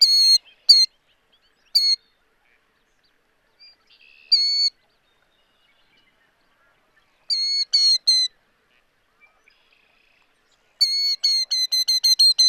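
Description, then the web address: Killdeer call notes, shrill and piercing, scattered singly and in short pairs, ending in a fast series of repeated notes. "2016 09 killdeer by andrew spencer"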